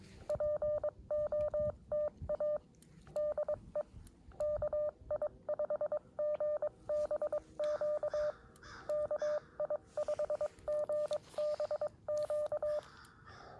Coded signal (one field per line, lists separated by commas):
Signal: Morse code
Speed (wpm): 22 wpm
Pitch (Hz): 600 Hz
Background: none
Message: POTA DE KI5GBQ KI5GBQ